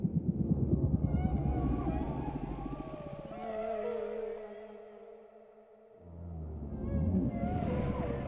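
Whale song with rapid low pulsed grunts, then long tonal moans with rich harmonics that hold steady before fading, followed by renewed pulsing and a rising higher squeal.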